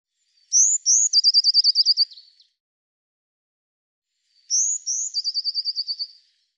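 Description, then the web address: Eurasian blue tit song: two phrases about four seconds apart, each two sharp rising notes then a quick trill of several units, otherwise silent. "cianscape birddata Deverinetal 2025 File cleaned normalized Bird Cy Ca"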